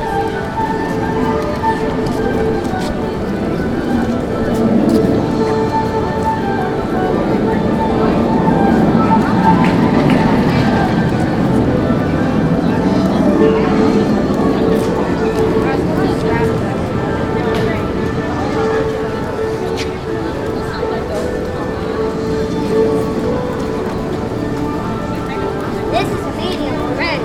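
A busy theme park crowd murmurs steadily, voices blending into a dense wash of chatter. Fixed tones hum through the mix, with occasional sharp clacks and taps throughout. The din swells slightly around the middle before settling back.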